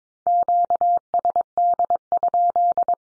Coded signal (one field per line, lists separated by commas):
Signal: Morse code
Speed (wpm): 22 wpm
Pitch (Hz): 700 Hz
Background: none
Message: QSD?